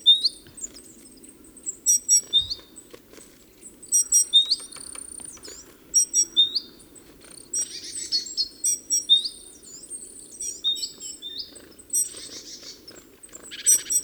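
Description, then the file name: Great tit giving repeated groups of sharp ticks and hooked chirps every second or two, with occasional buzzy notes and a steady low background hum. "Parus major"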